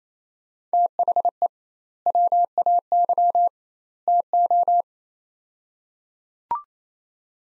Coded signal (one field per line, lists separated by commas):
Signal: Morse code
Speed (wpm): 27 wpm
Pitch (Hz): 700 Hz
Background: none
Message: THE WAY TO